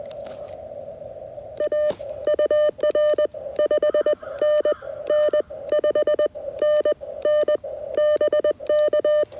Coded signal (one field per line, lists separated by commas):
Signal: Morse code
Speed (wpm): 20 wpm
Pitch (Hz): 590 Hz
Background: none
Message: A UR 5NN 5NN BK